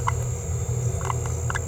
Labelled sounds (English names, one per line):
Green-rumped Parrotlet babbling